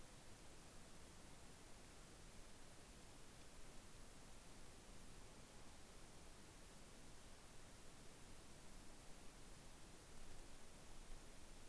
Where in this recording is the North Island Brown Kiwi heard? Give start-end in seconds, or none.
none